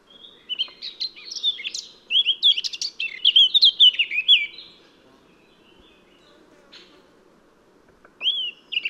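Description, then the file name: Eurasian blackcap song: a rapid scratchy warble running into clear fluty whistled notes, then a pause and a brief new phrase near the end. "Sylvia atricapilla"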